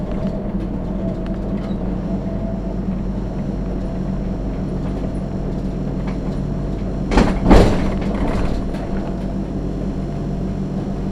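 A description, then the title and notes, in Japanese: A replacement bus for the Hitahikosan Line drones along with a steady, low engine rumble and a faint whine above it, nearly unchanged throughout. Around seven to eight seconds a short, sharp whoosh with a rattle swells up, then the even hum returns. 日田彦山線代行バス 大鶴→夜明 久大本線 夜明→日田。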